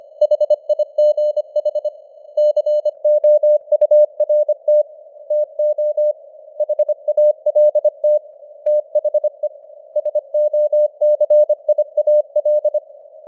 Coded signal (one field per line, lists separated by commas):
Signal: Morse code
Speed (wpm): 25 wpm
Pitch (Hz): 600 Hz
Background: none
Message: HIGH COURT TO HALT THE SOCIAL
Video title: Morse Code News | 2025-11-26 | 25wpm